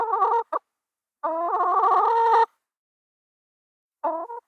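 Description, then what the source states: Chicken clucks: a couple of short harmonic notes, a longer drawn-out nasal cluck lasting over a second, then a short final pair of notes. Calm clucking.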